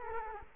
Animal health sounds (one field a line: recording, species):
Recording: mosquito wingbeat signal from an infrared sensor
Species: Culex quinquefasciatus